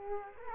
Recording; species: mosquito wingbeat signal from an infrared sensor; Culex quinquefasciatus